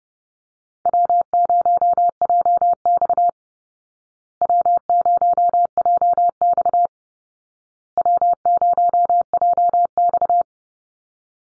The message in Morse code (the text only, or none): W0JX W0JX W0JX